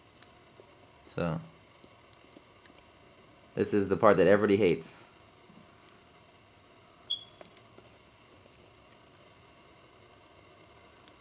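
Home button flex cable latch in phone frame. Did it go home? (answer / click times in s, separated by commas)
yes / 7.1 s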